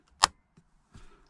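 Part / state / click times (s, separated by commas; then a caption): control button panel into fridge housing / seated / 0.2 s. After the new control-button circuit board is swapped in, the plastic control panel of a Just Kampers JKF50 portable camper fridge is pressed back into its housing and clicks into place with a single sharp, bright snap at 0.2 s. A faint tick follows at about 0.6 s, then a soft rustle of handling from about 0.9 to 1.2 s. The panel is seated.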